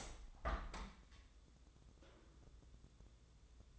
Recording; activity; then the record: daily activity, microphone in the room; open window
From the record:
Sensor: 3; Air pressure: 1014.9 hPa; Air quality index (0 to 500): 58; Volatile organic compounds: 1 ppm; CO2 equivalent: 759 ppm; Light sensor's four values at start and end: 9/22/9/9 and 10/23/9/9